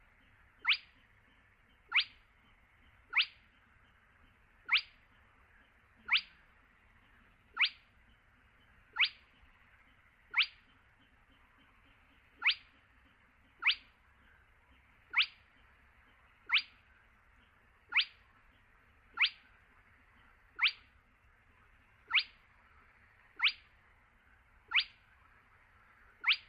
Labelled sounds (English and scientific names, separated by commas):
Spotted Crake (Porzana porzana)